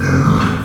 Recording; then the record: squeal of a Yucatan mini pig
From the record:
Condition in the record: after surgery on the right vocal fold (resection and tissue-engineered implant); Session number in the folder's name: 17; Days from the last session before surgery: 195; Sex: female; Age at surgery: 19 weeks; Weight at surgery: 25 kg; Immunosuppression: prednisolone